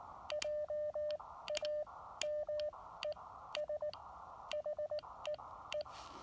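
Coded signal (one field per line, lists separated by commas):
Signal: Morse code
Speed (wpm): 19 wpm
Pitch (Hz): 600 Hz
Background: none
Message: JAMES HEE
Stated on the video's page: Elecraft KX2 with a Chameleon MPAS 2.0 antenna on a state park activation.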